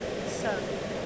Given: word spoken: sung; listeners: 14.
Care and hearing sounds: one English word in noise, from a listening test; speech-shaped noise; -4.2 dB; 0 of 14; 9 of 14; 0.66 s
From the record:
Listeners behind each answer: 9, 4, 1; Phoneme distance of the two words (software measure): 10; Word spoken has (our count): 1 syllable, 3 phonemes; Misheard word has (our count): 1 syllable, 3 phonemes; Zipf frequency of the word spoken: 3.91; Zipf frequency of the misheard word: 5.01

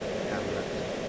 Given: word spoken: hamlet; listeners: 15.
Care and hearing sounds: one English word in noise, from a listening test; speech-shaped noise; -7.0 dB; 3 of 15; 9 of 15; 0.69 s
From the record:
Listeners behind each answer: 9, 3, 1, 1, 1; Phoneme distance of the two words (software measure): 34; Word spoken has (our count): 2 syllables, 6 phonemes, stress on syllable 1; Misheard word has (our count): 3 syllables, 6 phonemes, stress on syllable 1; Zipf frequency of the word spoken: 3.80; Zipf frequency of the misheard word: 4.83

